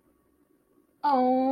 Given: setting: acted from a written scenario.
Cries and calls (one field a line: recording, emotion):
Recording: vocal sound without words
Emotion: adoration